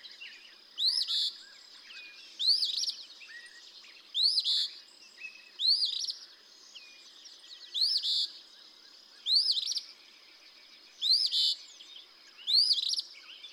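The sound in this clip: Eastern phoebe singing steadily, eight buzzy fee-bee phrases.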